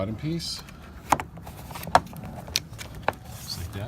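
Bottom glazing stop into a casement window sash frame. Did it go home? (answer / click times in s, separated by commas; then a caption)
yes / 1.9 s, 2.6 s, 3.1 s. Someone talks as the bottom glazing stop, a trim strip that holds the glass of a Marvin fixed (stationary) casement window, is pressed into its groove in the casement window sash frame. Sharp snaps at 2.0, 2.6 and 3.1 seconds mark it snapping into place along its length, and the stop ends up seated.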